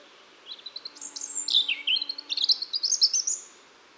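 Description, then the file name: European robin delivering a continuous liquid phrase: high whistles dropping into warbled slurs, then a quick series of sparkling, rising and falling notes, over a faint low hum. "Erithacus rubecula"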